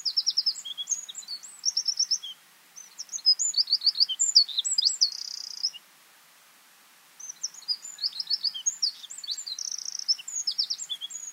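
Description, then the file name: Eurasian wren song: loud, high, rapid phrases packed with trills, given three times with short silent gaps between them. "Troglodytes troglodytes"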